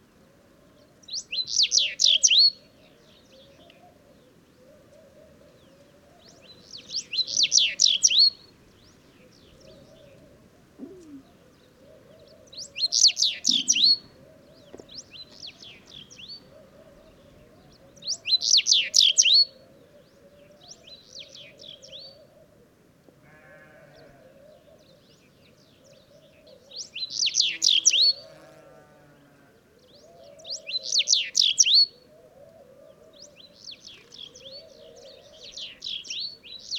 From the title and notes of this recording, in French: Bruant du Sahara - Mauritanie. Ruines de Wadan - Mauritanie - Tlp7 - Mixpre3. Le soleil vient tout juste d'apparaitre derrière la dentelle des ruines de la vieille ville de Wadan. C'est à ce moment que les Bruants de Sahara (Emberiza sahari) se mettent tous à chanter invisibles dans les amas de pierres.